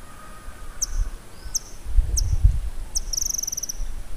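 White-throated kingbird calls: a few high, sharp chips, then a fast, even twittering run, over low wind rumble.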